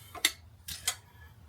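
A click-type torque wrench with a flexible head tightens the last of four turbo mounting nuts and gives a sharp click at 0.3 s, with softer ticks around 0.2, 0.7 and 0.9 s. All four nuts are confirmed torqued.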